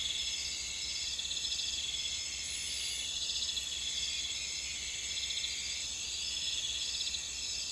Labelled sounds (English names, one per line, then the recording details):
none
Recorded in pastures near Puerto Asís, Putumayo, Colombia, on 26 December 2024 at 02:30
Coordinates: 0.472, -76.329
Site G072